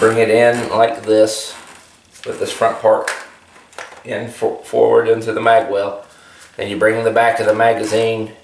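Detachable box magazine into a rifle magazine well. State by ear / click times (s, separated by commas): not seated / none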